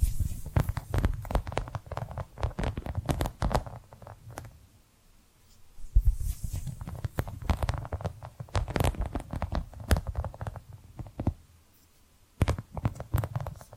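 Tapping and scratching in dense, irregular bursts, with quick clicks and rubbing strokes piling up over a soft low thump. Activity pauses briefly around five seconds and again near twelve, then resumes with sharp taps and scratchy textures.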